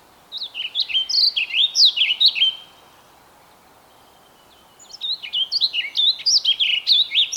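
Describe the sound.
Bird song in two rapid phrases of bright, looping whistled notes, each over two seconds long, separated by a quiet gap of about two seconds.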